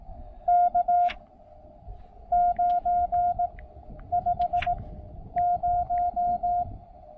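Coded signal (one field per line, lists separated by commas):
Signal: Morse code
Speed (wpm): 18 wpm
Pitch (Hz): 710 Hz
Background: none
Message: K950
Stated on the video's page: Rapid activation with a Discovery TX-500 transceiver, Elecraft T1 tuner and CHA MPAS Lite antenna.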